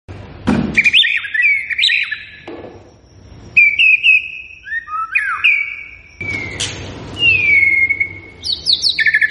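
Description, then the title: White-rumped shama song of varied whistled phrases, some sliding down, others rising, with sharp clicks and a long descending whistle near the end. Lure recording intended to prompt the bird to sing and respond. "PANCINGAN MURAI BATU GACOR"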